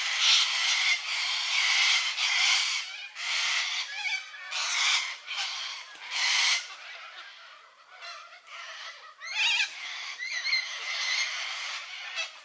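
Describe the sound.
Little corellas in a raucous flock, rasping shrieks rising and falling in waves, continuing for the whole stretch.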